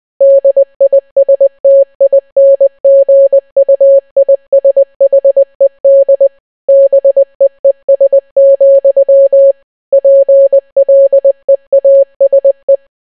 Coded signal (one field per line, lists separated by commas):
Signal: Morse code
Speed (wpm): 20 wpm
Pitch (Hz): 550 Hz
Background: none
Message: DISTINGUISHED BEES, PLEASE